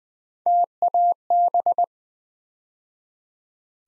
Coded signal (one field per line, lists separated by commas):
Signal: Morse code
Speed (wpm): 20 wpm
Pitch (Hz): 700 Hz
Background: none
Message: TAB